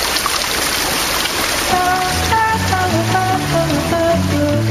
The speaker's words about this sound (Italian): Senti questo. Il bosco dietro casa dei nonni. Ascolta, il fiume che costeggia il bosco.